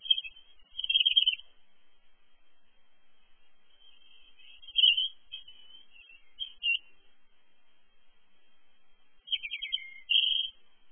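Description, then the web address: European robin song: brief bursts of high, thin twittering phrases separated by pauses, on a quiet background. "chants et cris rougegorge"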